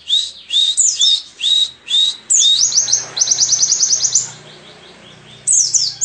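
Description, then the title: White-eye song: loud, high chirping phrases followed by a fast run of repeated sharp notes, then a final chirp. Forest-type white-eye song, used as tutoring material for training cage songbirds. "mster Mnuk. Pleci ngalas isian untuk masteran"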